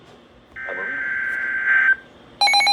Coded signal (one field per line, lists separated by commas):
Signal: Emergency Alert System (SAME) tones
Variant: header bursts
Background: speech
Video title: CALM BEFORE THE STORM... (EAS Alerts from June 2024) [EAS 358-385]